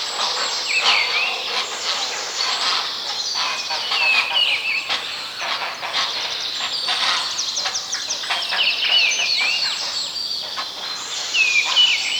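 Birds singing in a dense chorus: high chirps, trills and short whistled notes overlapping throughout, with several songsters calling at once over a steady background hiss.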